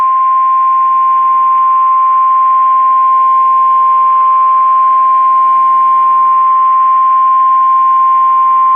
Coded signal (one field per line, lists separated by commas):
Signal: Emergency Alert System (SAME) tones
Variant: 1050 Hz attention tone